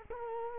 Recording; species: mosquito wingbeat signal from an infrared sensor; Culex quinquefasciatus